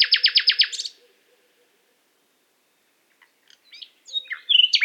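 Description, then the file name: Common nightingale song: a fast run of loud, repeated piping notes lasting under a second, a pause of about two seconds, then scattered soft notes and a sharp, bright whistled phrase. "Luscinia megarhynchos"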